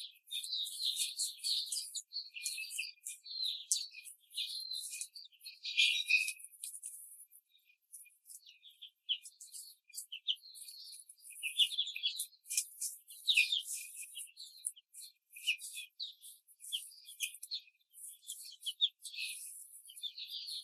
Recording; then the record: young laying hens in a cage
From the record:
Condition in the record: control cage, before the stress test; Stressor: none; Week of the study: 4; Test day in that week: 3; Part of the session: 2